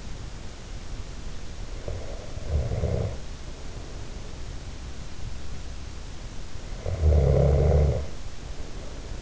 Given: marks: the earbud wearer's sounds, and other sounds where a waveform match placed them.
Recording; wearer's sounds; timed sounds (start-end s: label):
sounds in sleep by an in-ear microphone; snoring breath
1.64-3.72 s: snoring breath
6.56-9.22 s: snoring breath